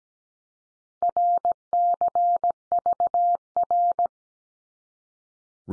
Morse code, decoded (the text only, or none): RCVR